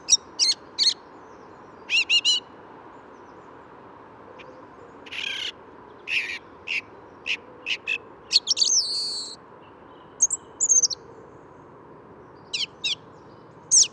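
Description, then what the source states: Song Thrush song: varied short phrases of sharp, whistled and scratchy notes, some repeated, spaced by brief pauses throughout, with a constant low city rumble beneath. Perched about twenty metres up in an apparent ash, bill opening with each note, wood's edge near road; Bois de Vincennes, 14 February 2019, 8–10:30 am, sunny; Nagra Seven, Telinga parabola.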